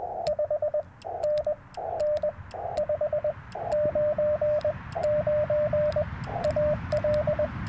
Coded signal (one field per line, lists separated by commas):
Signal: Morse code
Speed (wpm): 20 wpm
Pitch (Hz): 600 Hz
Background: radio noise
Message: 5NN 599 AL